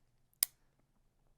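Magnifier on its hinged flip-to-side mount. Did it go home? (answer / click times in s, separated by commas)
yes / 0.4 s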